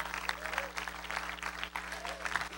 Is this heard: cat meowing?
no